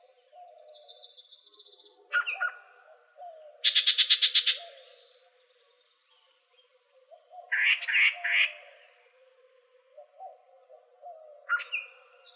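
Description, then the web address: Yellow-breasted Chat singing varied phrases: a buzzy high trill, sharp notes, a loud rapid rattle, then three harsh chattering notes and more buzzy trilling, over faint low tones. Arizona Field Ornithologists sound library recording filed under other warblers; apparently recorded 24 April 2004. "Sound Library Other Warblers AZFO YBCH deviche 042404"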